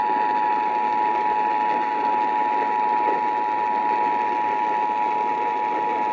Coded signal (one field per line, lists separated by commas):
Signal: Emergency Alert System (SAME) tones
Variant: 853 and 960 Hz attention tone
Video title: Catchup on EAS Alerts EAS 71-76